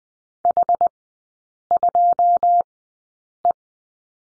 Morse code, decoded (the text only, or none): H2E